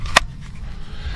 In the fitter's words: i said i really like the holster pistol fits in there perfect snaps right in there